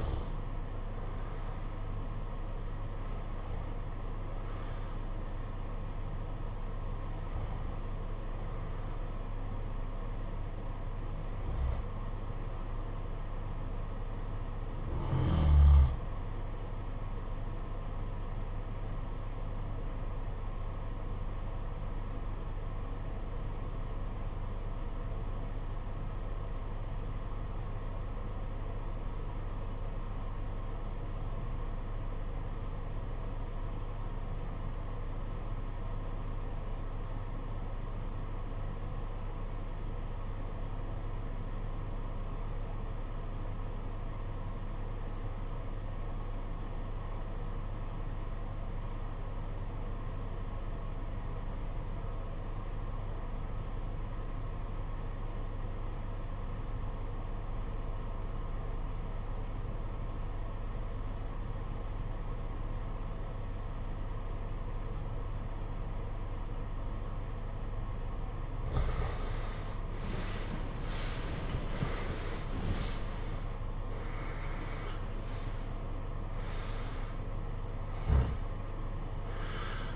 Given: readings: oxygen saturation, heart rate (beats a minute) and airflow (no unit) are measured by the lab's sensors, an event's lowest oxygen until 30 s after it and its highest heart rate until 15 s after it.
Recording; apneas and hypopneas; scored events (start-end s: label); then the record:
breathing in sleep by a smartphone at the bedside; 1
19.00-70.20 s: obstructive apnea (REM, oxygen 96% highest, then 69% lowest, heart rate 64 at the start, 92 highest)
From the record:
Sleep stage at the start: REM sleep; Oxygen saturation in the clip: 71 to 96%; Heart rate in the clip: 58 to 92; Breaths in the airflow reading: 10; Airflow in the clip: -16.4 to 14.2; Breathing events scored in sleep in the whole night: 476 in 9.7 hours asleep